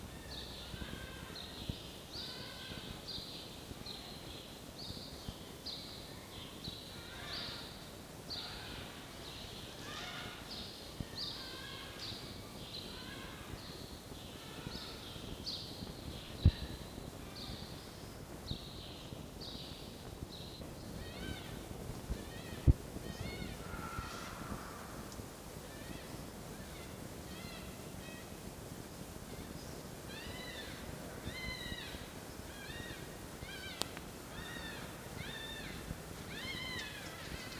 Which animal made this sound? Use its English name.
Red Fox